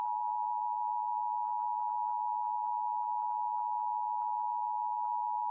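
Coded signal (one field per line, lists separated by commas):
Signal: Emergency Alert System (SAME) tones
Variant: 853 and 960 Hz attention tone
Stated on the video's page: Fictional mock alert scenario for a nation-building game.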